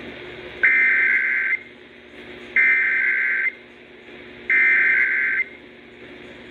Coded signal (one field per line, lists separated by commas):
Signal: Emergency Alert System (SAME) tones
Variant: header bursts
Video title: KBIF Did a Weird Sound (EAS #22449-22486) 9/10/24